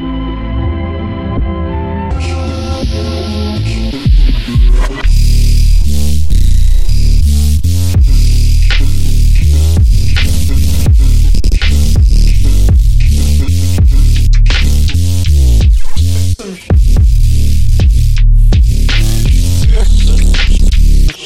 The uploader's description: some random experiments with noise